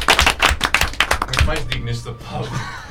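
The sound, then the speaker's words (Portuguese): A burst of audience applause, many hands clapping in a dense, crackling patter that thins out as a man starts talking over it. “Mais digno neste aplauso.”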